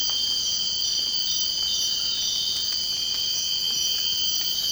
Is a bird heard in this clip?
no